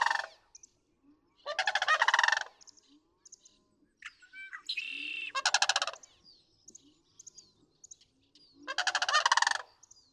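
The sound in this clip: Sandhill crane giving four rolling, rattling calls spread over ten seconds, with a buzzy note midway and scattered short chirps.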